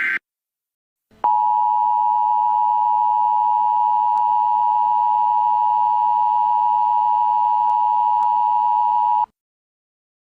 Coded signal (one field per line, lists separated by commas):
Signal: Emergency Alert System (SAME) tones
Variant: 853 and 960 Hz attention tone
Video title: An EAS scenario the object flags #2